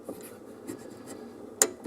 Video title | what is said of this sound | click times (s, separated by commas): How to Fix a Leaking Kitchen Faucet / Sprayer - Helpful Tips & Tricks Saving Time & Money | right here there it is I can feel it and you can hear it clicking | 1.6 s